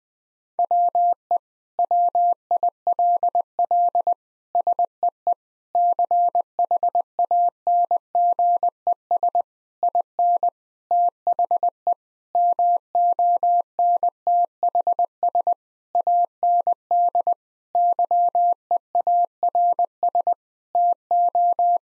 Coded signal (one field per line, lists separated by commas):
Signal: Morse code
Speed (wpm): 21 wpm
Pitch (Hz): 700 Hz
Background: none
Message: WE WILL SEE CHANGES IN THE MONTHS AND YEARS TO